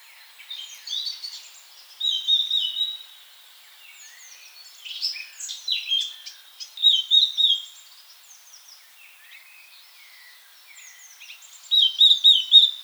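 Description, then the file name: Eurasian blackcap singing: scratchy warbling that breaks into rich whistled flourishes in several bursts, with softer chirps in the pauses. "Sylvia atricapilla"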